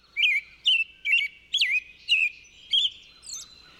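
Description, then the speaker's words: American Robin song, a run of seven whistled, slightly harsh phrases, each dipping and rising, spaced roughly every half second with short pauses between. Long-winded song, a whole sentence where the Baltimore Oriole stops after a phrase or two; can sound a little screechy beside the oriole's sweeter song. "robin has that whole sentence to say, cheerily, cheer up, cheer up"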